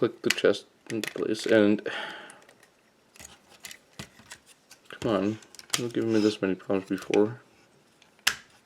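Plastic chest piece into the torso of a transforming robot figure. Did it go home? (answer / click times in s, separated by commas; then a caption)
yes / 8.3 s. A plastic chest piece is pushed into the torso of a Mastermind Creations MMC R-13 Spartan transforming robot figure while someone talks, with light clicks and handling noises during the fiddling. After the struggle, the piece snaps into place with a loud, sharp click at 8.3 seconds, and it is seated.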